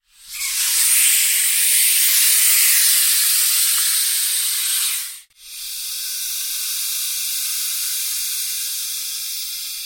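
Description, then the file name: Python hissing, a long loud breathy hiss lasting about five seconds, a brief pause, then a second steady, slightly softer hiss continuing to the end. "zvuki pitona zmei"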